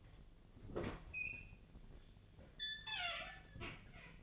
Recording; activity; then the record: daily activity, microphone in the room; open fridge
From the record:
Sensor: 4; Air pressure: 1010.6 hPa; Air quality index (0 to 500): 177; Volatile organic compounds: 5 ppm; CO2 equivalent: 1801 ppm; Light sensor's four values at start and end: 33/97/38/38 and 27/82/32/32